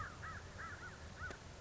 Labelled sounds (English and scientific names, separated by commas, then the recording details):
American Crow (Corvus brachyrhynchos)
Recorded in Sonoma County, California